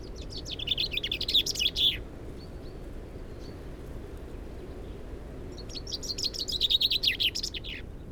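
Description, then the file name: Common chaffinch song: two rattling phrases ending in flourishes, separated by several seconds of quiet with soft high calls and steady background hiss. "Fringilla coelebs"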